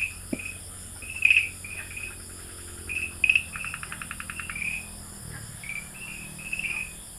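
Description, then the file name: Farmland green tree frog chirps come in scattered bursts, and a rapid buzzing trill passes in the middle. Recorded at Dalin, 30 May 2009. "090530 dalin farmland treefrog"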